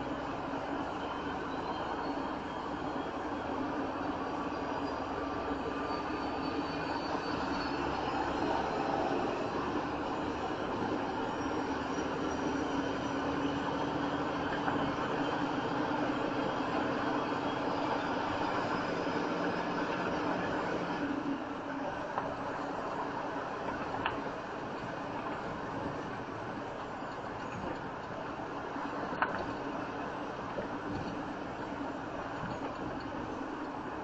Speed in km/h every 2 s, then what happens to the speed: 37, 40, 42, 45, 47, 50, 53, 56, 61, 61, 60, 61, 61, 61, 61, 63, 63.
0-17 speeds up to 61. 17-34 steady at about 61.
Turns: none.